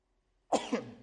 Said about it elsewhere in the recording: Okay, so I sneezed. I moved away from the mic so I wasn't sneezing directly into the ear of anyone who's listening to the conversation. I sneezed into my hands so that I would not be sneezing at or around Hembo.